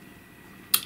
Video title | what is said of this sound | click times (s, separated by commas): review & demo : Jane Davenport Mermaid Markers | pop this back into place you'll hear a click and then you um | 0.7 s